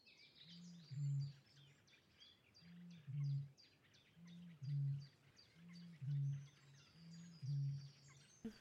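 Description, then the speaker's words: Eurasian bittern booming: five deep hollow booms, each preceded by a soft grunt, with faint twittering of other birds above. Played example; speakers say it does not sound like a bird and might be taken for a cow. "So let's have a listen to what the bittern sounds like."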